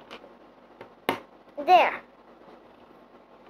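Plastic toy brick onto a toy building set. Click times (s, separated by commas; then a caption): 1.1 s. A plastic toy brick is pressed onto other bricks of a toy building set until it snaps into place with a sharp, loud click at 1.1 s, after a couple of faint ticks. Someone then talks briefly as the brick sits seated.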